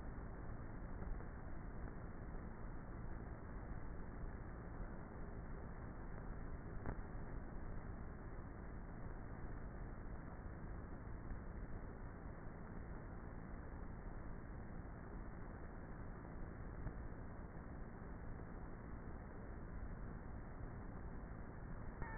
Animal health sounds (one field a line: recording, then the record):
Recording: honeybee colony, microphone inside the hive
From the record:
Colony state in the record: queenless with a low population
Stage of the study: before two queens were removed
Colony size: about 30,000 bees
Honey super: no